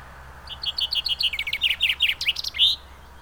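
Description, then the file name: Common chaffinch song, one full phrase: a run of clear repeated notes speeding into a rattling descending series, finished by a sharp emphatic flourish. "Fringilla coelebs"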